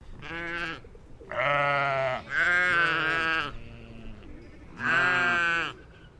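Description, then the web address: Sheep bleating, three long wavering baas, the last two running together, then a final loud baa after a pause. English Leicester breed sheep, baaing. "Sound Effects-Foundation 1 ANIMAL SHEEP ENGLISH LEICESTER BAA"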